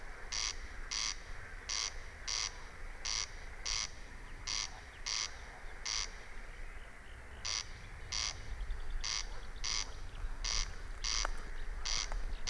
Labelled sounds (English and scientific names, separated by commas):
Corn Crake (Crex crex)